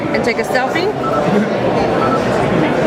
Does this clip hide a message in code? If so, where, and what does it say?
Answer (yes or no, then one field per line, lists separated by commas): no